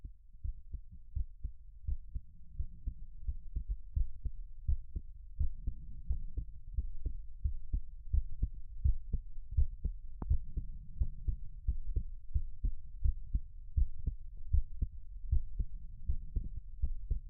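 Soft, steady low thumps of an adult heartbeat at about 83 beats a minute, with a faint background hum.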